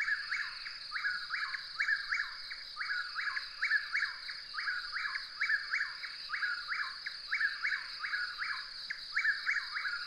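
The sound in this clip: Bird chirping persistently, clipped falling notes repeated in tight clusters for the whole stretch, accompanied by an unbroken shrill background whine.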